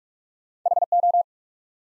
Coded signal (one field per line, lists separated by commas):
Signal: Morse code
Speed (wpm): 44 wpm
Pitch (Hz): 700 Hz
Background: none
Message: HO